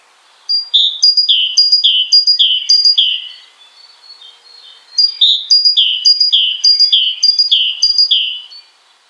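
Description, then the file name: Great tit song, a bright two-note phrase of a high note and a lower down-slurred whistle, repeated rapidly in two bursts separated by a short pause. "Parus major"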